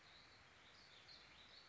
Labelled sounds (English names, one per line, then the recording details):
Warbling Vireo
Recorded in Sonoma County, California